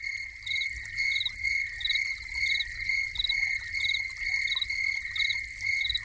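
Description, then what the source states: Cricket chirps repeat regularly over a steady high trill and the sound of running water. Crickets heard together with a fountain, presented as a soundscape.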